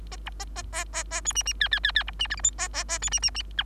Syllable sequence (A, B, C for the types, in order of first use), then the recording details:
A B A A A A A C D D E E E E B D F G H A A A C D D D I. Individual Bird3